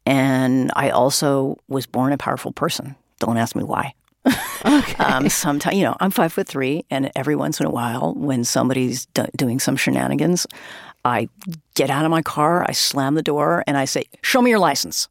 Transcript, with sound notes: And I also was born a powerful person. Don't ask me why.
(Laughter) OK.
Sometime - you know, I'm five-foot-three, and every once in a while, when somebody's doing some shenanigans, I get out of my car, I slam the door, and I say, show me your license.